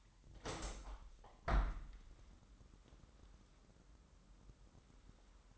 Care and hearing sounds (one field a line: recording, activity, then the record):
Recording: daily activity, microphone in the room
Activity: open window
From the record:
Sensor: 3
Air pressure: 998.1 hPa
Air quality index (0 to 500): 151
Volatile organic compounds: 5 ppm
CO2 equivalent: 1810 ppm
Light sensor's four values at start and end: 13/38/15/14 and 13/37/15/14